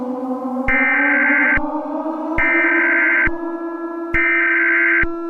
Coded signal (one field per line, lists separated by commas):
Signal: Emergency Alert System (SAME) tones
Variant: header bursts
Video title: Fires from Heaven - REMASTERED (EAS Scenario)